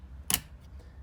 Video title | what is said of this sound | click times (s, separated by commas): 2008 Porsche 911/997 Turbo Center Console Removal Airbag Light and Shift Cable End Links | There it is. So once it's snapped in place, you want to push these springs back, compress them back, | 0.3 s